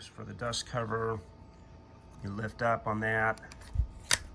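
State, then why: Seated. Someone talks while the steel dust cover on a bolt-action military rifle's receiver is lifted and slid forward until it latches. A short, sharp metallic click at 4.1 s marks the dust cover clicking into place.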